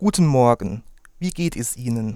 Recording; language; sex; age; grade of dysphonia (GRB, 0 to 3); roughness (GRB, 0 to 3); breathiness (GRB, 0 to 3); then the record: spoken sentence; German; male; 20 to 29 years; 0; 0; 0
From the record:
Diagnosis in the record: healthy voice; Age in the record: 23 years